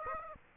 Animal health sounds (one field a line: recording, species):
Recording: mosquito wingbeat signal from an infrared sensor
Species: Aedes aegypti